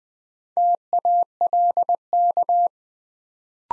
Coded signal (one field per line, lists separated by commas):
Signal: Morse code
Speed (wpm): 20 wpm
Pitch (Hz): 700 Hz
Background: none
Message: TALK